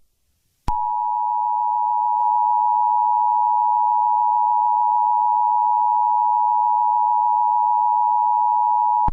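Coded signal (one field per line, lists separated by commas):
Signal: Emergency Alert System (SAME) tones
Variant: 853 and 960 Hz attention tone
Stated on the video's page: Filler EAS scenario with valid tones, made with EAS Builder and Scansoft Tom voice.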